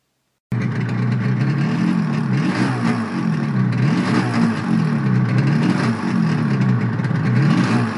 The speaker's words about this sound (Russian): И вдруг внезапный рев мощного мотора вырвал его из процесса созерцания.